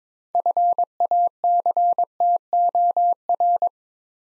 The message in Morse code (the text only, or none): FACTOR